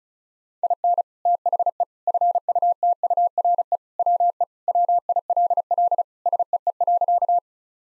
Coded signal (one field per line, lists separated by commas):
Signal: Morse code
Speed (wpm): 36 wpm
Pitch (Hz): 700 Hz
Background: none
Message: IN THE FUTURE WE WILL SEE.